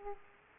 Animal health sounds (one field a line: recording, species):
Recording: mosquito wingbeat signal from an infrared sensor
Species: Aedes aegypti